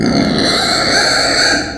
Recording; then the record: squeal of a Yucatan mini pig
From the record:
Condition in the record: before surgery on the right vocal fold (resection and tissue-engineered implant); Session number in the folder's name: 3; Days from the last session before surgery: 0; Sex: female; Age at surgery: 19 weeks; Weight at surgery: 25 kg